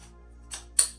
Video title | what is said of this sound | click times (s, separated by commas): Spirit Halloween - Grave Watcher Unboxing/Setup - 2023 Animatronic 🎃 👻 | Next, you're going to take the other normal size pole, but with the smaller hole, and insert it at the top, and again, like so, snap lock that into place. | 0.8 s